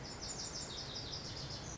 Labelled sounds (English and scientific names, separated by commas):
Lazuli Bunting (Passerina amoena)